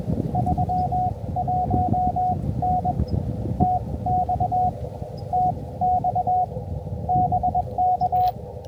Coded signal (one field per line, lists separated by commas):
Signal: Morse code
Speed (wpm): 21 wpm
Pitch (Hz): 730 Hz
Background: none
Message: 31N TX TX BK